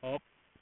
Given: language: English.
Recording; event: throat vibration sensor signal played as sound; speech